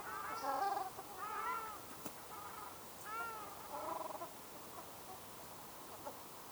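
Ruddy shelduck nasal honking calls in several short bursts, harmonic and arching, over steady background hiss.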